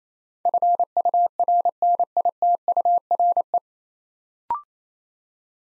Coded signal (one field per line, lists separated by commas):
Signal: Morse code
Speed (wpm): 29 wpm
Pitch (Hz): 700 Hz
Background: none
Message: FURNITURE